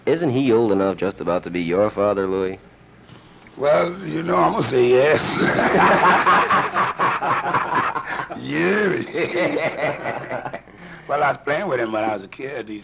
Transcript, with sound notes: isn’t he old enough just about to be your father, Louis?
Well, you know, I’m going to say yes! [LAUGHING] Yeah. Well, I was playing with him when I was a kid.